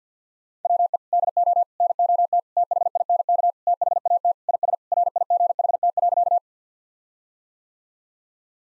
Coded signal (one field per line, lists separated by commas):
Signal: Morse code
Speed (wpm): 50 wpm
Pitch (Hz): 700 Hz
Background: none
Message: WE DO NOT THINK THAT IS RIGHT.